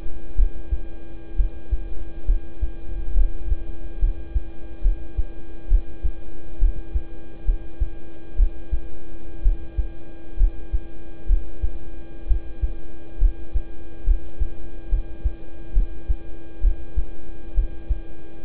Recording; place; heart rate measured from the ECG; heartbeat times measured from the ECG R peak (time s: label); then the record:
heart sounds by stethoscope; between the tricuspid and mitral areas; 66 bpm
0.35 s: heartbeat
1.35 s: heartbeat
2.25 s: heartbeat
3.14 s: heartbeat
3.99 s: heartbeat
4.82 s: heartbeat
5.68 s: heartbeat
6.59 s: heartbeat
7.45 s: heartbeat
8.36 s: heartbeat
9.42 s: heartbeat
10.37 s: heartbeat
11.26 s: heartbeat
12.27 s: heartbeat
13.18 s: heartbeat
14.04 s: heartbeat
14.89 s: heartbeat
15.73 s: heartbeat
16.61 s: heartbeat
17.54 s: heartbeat
18.44 s: heartbeat
From the record:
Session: rest, lying down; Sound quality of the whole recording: good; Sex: male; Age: 26 years